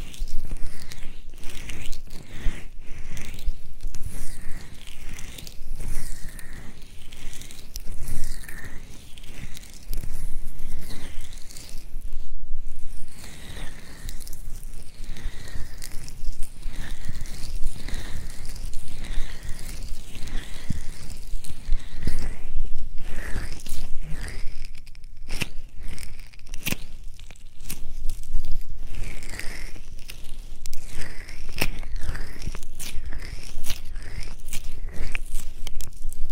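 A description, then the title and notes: Ear massage and ear play: dense, continuous rubbing, crinkling and tapping sounds fill the whole stretch with no pauses. Soft thumps and crackly scratches repeat rapidly and irregularly, with a brief quieter dip near 25 seconds before the busy texture resumes. Ear massage, and ear play.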